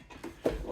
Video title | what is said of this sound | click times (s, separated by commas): Stanley 8bar 24ltr #B6CC304SCR523 Compressor Unboxing & Review | So you simply push it. Snaps into place. | 0.5 s